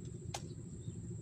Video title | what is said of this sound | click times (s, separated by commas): testing flying,RX drone P17 GPS | naka-lock nach yan | 0.3 s